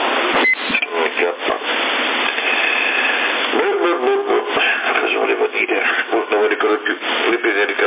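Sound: dog barking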